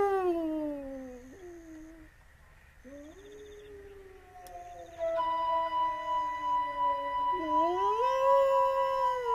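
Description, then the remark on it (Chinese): A person howls back at a wolf: long, drawn-out wailing howls that bend and slide in pitch, one voice breaking off before a second, louder and higher howl swells in and holds. “嗯， 这老伙计还来劲儿了，我再给他回两声。”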